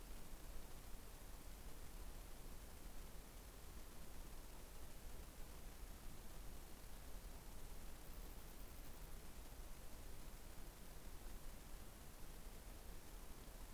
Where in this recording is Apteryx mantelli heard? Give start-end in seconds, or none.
none